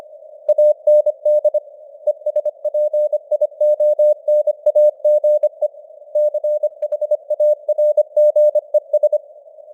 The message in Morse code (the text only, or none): AND ESPIONAGE CHARGES